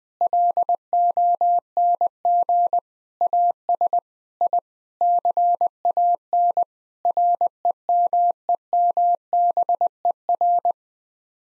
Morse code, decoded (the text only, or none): LONG AS I CAN REMEMBER